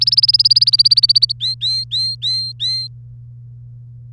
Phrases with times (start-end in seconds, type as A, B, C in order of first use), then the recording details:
0.01-1.32 A, 1.40-2.88 B. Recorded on 3 May 2018 at 12:15. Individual llb3